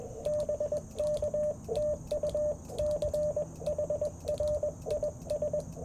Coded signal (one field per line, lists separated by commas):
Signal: Morse code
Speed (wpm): 21 wpm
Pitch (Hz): 600 Hz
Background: radio noise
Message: BK TU CHRIS